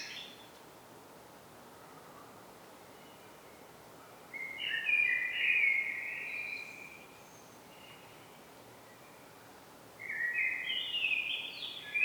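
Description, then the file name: Common blackbird song: two separate warbled phrases several seconds apart, with steady low hiss between. "Turdus merula"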